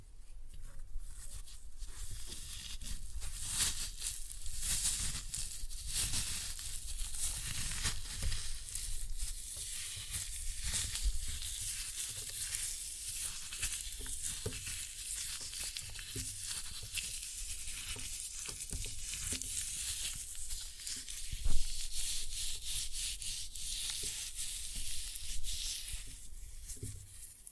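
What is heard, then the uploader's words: Floral foam is crushed with a steady, dense crackle and hiss, a fine sizzling texture bright in the upper range that runs the whole time. Small snaps and pops come irregularly within it, with a sharper crunch near twenty-two seconds. Floral Foam Glitter Bomb Crushing.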